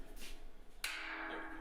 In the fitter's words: there was a snap then we just put on the front side of the header